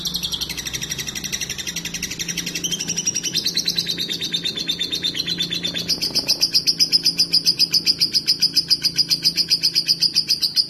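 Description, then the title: Lovebird calls, continuous rapid shrill chirping, several notes per second, growing louder in the second half. "Lovebird Konslet"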